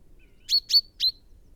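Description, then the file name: Three crisp chaffinch calls in fast sequence, the first two close together and the third a little later, each sharp and high with a short tonal trail. "Fringilla coelebs"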